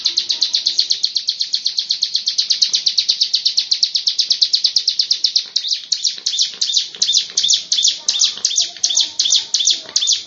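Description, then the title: Lovebird ngekek, shrill rapid chattering notes starting very fast then slightly slower and more spaced toward the end, running without pause. Long "ngekek" song style. "Lovebird Ngekek Panjang Ciblek"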